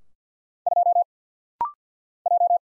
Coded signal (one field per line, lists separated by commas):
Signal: Morse code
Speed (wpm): 50 wpm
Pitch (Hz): 700 Hz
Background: none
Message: 2 J